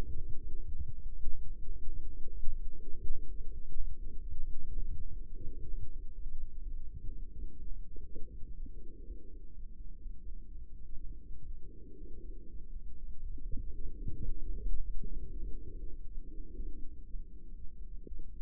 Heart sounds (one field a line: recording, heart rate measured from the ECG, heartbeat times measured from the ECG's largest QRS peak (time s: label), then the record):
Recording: heart sounds by microphone in the right ear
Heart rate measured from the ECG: 123 bpm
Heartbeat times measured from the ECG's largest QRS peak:
0.46 s: heartbeat
0.93 s: heartbeat
1.40 s: heartbeat
1.86 s: heartbeat
2.33 s: heartbeat
2.80 s: heartbeat
3.27 s: heartbeat
3.74 s: heartbeat
4.21 s: heartbeat
4.69 s: heartbeat
5.17 s: heartbeat
5.65 s: heartbeat
6.13 s: heartbeat
6.61 s: heartbeat
7.09 s: heartbeat
7.58 s: heartbeat
8.07 s: heartbeat
8.56 s: heartbeat
9.04 s: heartbeat
9.52 s: heartbeat
10.00 s: heartbeat
10.48 s: heartbeat
10.97 s: heartbeat
11.47 s: heartbeat
11.97 s: heartbeat
12.47 s: heartbeat
12.97 s: heartbeat
13.46 s: heartbeat
13.97 s: heartbeat
14.48 s: heartbeat
15.01 s: heartbeat
15.52 s: heartbeat
16.04 s: heartbeat
16.55 s: heartbeat
17.06 s: heartbeat
17.56 s: heartbeat
18.06 s: heartbeat
From the record:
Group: healthy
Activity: light exercise 0-8 s, rest 8-18 s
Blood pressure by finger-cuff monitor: 124/67 mmHg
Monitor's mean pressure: 85 mmHg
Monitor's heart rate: 122 bpm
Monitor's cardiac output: 10.4 L/min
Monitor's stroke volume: 85 mL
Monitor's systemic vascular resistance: 620 dyn s/cm5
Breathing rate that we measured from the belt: 20 breaths a minute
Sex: female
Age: 24 years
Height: 163 cm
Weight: 55.7 kg